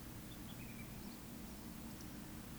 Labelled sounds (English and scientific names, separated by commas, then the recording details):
Eurasian Woodcock (Scolopax rusticola) whistle, Eurasian Woodcock (Scolopax rusticola) croak
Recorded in Baden-Württemberg, Germany, on 14 May 2021 at 19:38 UTC
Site 25175, 602 m above sea level